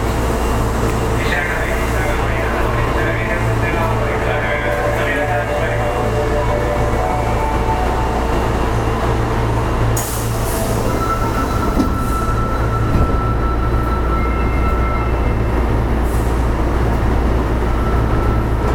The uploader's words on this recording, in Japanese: 大阪市営地下鉄の25系電車の走行音です収録区間は、なんばから玉川です。大阪市営地下鉄25系 千日前線 なんばから玉川まで。